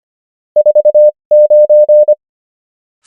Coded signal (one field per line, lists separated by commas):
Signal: Morse code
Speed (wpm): 25 wpm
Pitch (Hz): 600 Hz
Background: none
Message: 49